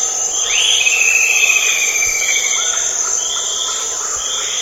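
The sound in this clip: Bird whistles: a rising note sliding into a long, level whistle, then shorter repeated whistled phrases, over a loud, constant high insect drone.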